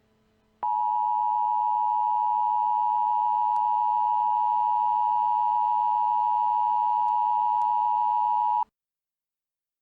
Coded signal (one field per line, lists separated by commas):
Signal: Emergency Alert System (SAME) tones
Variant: 853 and 960 Hz attention tone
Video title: EAS: Shelter In Place Warnings: Alaska